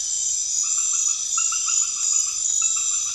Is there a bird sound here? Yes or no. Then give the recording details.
no. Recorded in pastures near Puerto Asís, Putumayo, Colombia, on 28 February 2025 at 23:30. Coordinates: 0.502, -76.324. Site GP07